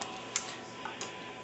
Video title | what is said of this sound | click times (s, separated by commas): WKGB Moscow | gas system is in here push this down and it locks in place like it should | 0.4 s